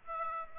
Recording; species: mosquito wingbeat signal from an infrared sensor; Aedes aegypti